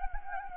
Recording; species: mosquito wingbeat signal from an infrared sensor; Anopheles gambiae